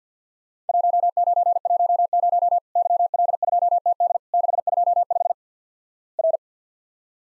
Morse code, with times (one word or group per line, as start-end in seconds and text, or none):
0.7-2.6 1910
2.8-4.2 YL2TD
4.3-5.3 625
6.2-6.4 R